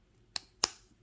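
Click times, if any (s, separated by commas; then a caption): 0.4 s, 0.6 s. A copper press-stud snap on a Gydan Direct leather cable strap, wrapped around a cable, is pressed closed. Two sharp, short clicks ring out at 0.4 s and 0.6 s, the second louder with a brief bright tail. The snap fastener clicks shut and is seated.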